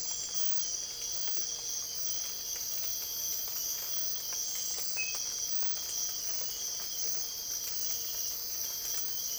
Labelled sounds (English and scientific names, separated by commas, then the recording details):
none
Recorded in dense forest near Puerto Asís, Putumayo, Colombia, on 22 December 2024 at 05:30
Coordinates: 0.482, -76.320
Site G021